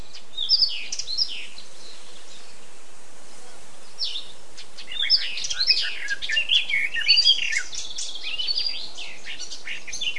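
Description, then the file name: Eurasian blackcap song: a rich, hurried warble of varied twittering notes, starting with short phrases and then running on continuously for several seconds. "Sylvia atricapilla"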